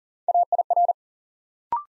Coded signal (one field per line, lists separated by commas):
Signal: Morse code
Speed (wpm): 40 wpm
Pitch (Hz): 700 Hz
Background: none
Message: AIR